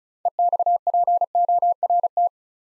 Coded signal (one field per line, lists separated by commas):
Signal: Morse code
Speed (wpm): 36 wpm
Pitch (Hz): 700 Hz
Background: none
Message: EXPORT